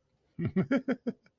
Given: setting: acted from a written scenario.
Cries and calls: vocal sound without words; amusement

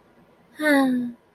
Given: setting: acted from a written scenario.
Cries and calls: vocal sound without words; serenity

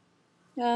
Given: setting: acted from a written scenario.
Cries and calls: vocal sound without words; neutral

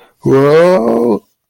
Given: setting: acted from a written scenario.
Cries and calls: vocal sound without words; fear

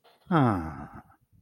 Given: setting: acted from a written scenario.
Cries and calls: vocal sound without words; contentment

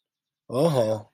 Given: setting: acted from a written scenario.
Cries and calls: vocal sound without words; neutral

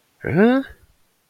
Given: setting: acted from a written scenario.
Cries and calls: vocal sound without words; negative surprise

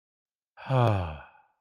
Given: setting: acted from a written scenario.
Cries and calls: vocal sound without words; relief

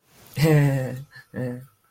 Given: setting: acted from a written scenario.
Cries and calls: vocal sound without words; embarrassment

